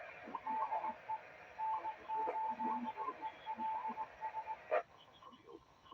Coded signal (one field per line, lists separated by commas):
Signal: Morse code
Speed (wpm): 20 wpm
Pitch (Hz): 880 Hz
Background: radio noise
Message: DE N8ELS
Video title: New Hams ragchew and RATS UHF ragchew nets